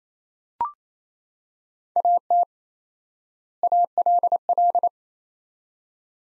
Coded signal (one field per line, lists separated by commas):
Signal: Morse code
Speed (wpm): 28 wpm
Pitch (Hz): 700 Hz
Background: none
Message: AT ALL